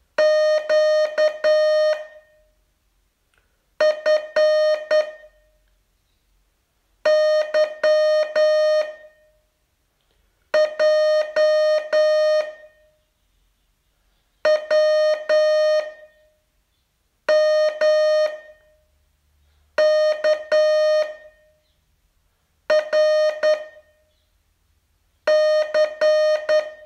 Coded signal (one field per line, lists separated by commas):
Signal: Morse code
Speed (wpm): 10 wpm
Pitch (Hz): 610 Hz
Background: none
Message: Q F Y J W M K R C